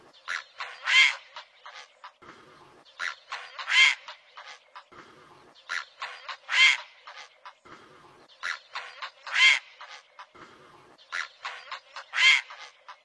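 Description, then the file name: Great blue heron calling with hoarse squawks, a strong rasping note roughly every three seconds, separated by clusters of brief harsh notes. "Canto do garca azul grande"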